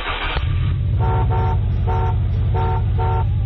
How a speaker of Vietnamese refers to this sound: Vừa lúc ấy, tài xế dồ máy xe, bóp còi inh ỏi, và anh lơ luôn miệng hối khách, còn đứng dưới đất, mau mau lên ngồi vào chỗ của mình.